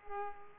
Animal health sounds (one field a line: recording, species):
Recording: mosquito wingbeat signal from an infrared sensor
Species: Culex pipiens